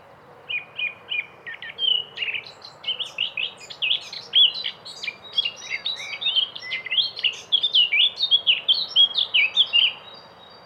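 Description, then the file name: Eurasian blackcap singing, starting with a few repeated notes, then building into a long, rapid, varied warble of fluty and chirping phrases. "blackcap sylvia atricapilla"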